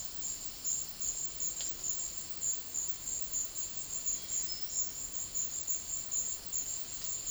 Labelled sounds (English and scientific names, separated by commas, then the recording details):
none
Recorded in dense forest near Puerto Asís, Putumayo, Colombia, on 19 February 2024 at 13:00
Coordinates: 0.500, -76.322
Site G6465